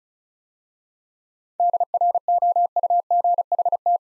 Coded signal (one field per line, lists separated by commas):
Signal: Morse code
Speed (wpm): 36 wpm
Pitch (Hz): 700 Hz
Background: none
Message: DROUGHT